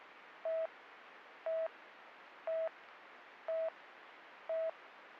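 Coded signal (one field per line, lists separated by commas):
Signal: none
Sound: police radio channel beeps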